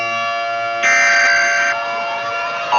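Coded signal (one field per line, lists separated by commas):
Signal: Emergency Alert System (SAME) tones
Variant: header bursts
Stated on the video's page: Parody EAS scenario, not a real alert.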